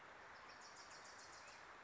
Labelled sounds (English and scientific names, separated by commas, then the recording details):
Wilson's Warbler (Cardellina pusilla)
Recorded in Sonoma County, California